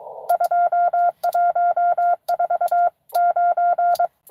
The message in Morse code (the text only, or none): 2149